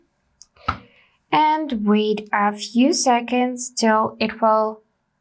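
A SIM tray is pushed fully back into the side slot of an iPhone 16e smartphone, giving sharp clicks at 0.4 s and 0.7 s as it seats home. Someone then talks over the rest of the clip.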